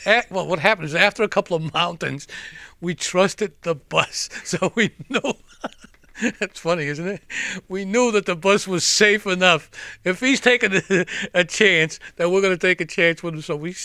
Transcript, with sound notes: what happened was after a couple of mountains we trusted the bus, so we knew. (he laughs) That's funny, isn't it? We knew that bus was safe enough. If he's taking a chance, then we're going to take a chance with him.